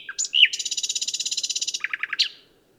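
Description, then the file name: Common nightingale song with sweeping whistles, then a long, very fast, buzzy trill, finishing with a few quick descending notes and a final chirp. "Luscinia megarhynchos"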